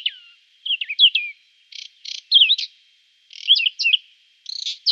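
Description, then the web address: Whinchat singing brief varied phrases, mixing whistled slurs with dry rattling notes, repeated after short pauses; background otherwise silent. "Schulze Peter Whinchat song"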